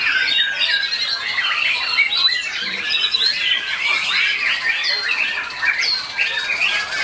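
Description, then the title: Oriental magpie-robin song of quick, high slurred whistles and chattering notes, some sweeping upward, delivered in a constant energetic flow. "Kicau Kacer"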